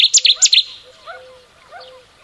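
Cetti's warbler with a short, loud burst of several explosive, high notes at the start, followed by faint, softer calls.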